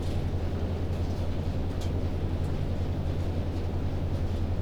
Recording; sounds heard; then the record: poultry house recording; no chicken sound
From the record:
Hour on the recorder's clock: 22